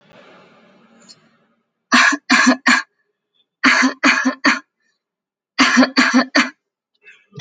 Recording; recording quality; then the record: shallow voluntary cough; excellent, no background noise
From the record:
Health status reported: healthy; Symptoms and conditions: none ticked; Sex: female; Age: 23 years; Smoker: not ticked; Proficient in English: yes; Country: India